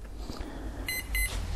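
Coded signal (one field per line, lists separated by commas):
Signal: beep code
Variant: Hobbywing ESC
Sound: two short high beeps in quick succession after faint clicks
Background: room noise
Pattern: 2 short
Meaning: Full throttle position registered; lower the stick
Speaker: we get the double beep we pull it down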